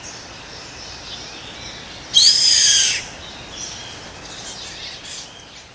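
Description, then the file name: Bird giving one harsh, hissing screech lasting under a second, broad and high-pitched, over faint background hiss. "SABIOD 50 bird 2015"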